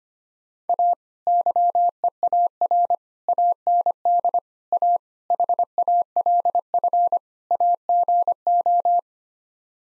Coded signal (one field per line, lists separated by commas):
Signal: Morse code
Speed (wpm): 25 wpm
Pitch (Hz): 700 Hz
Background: none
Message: A YEAR AND A HALF AGO